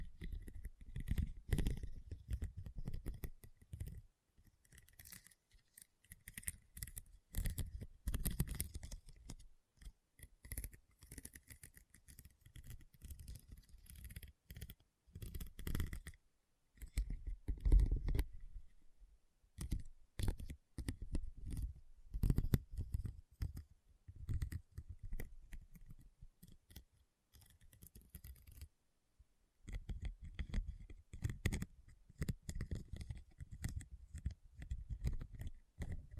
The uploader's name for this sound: RHINESTONE Tapping & Scratching Sounds